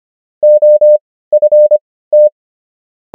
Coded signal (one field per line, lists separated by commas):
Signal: Morse code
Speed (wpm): 25 wpm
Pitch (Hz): 600 Hz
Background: none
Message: OFT